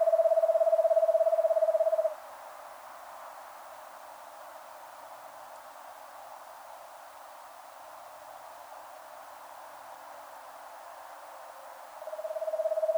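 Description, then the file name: Eastern screech owl trill of fast, evenly pulsed notes for two seconds, then about ten seconds of soft hiss before another trill begins and grows louder. "Eastern Screech Owl Megascops asio"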